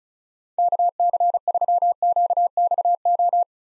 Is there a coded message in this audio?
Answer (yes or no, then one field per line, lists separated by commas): yes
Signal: Morse code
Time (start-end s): 0.6-3.4 s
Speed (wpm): 34 wpm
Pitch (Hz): 700 Hz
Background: none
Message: KC3QXO